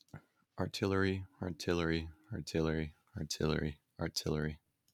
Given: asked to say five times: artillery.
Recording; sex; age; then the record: repeated word; male; 18 to 19 years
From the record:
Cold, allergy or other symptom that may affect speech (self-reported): no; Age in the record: 18 years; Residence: California, United States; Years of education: 13